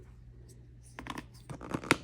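A notched plastic piece of the 2023 Matchbox Action Drivers Epic Construction Yard playset is pushed onto its mating notch after it had not gone in all the way on the earlier try. A few scratchy plastic clicks and rubs build up from about 1.0 s, then a sharp snap at 1.9 s as the piece seats fully home.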